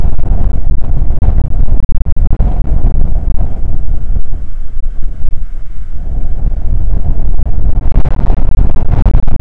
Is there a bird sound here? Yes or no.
no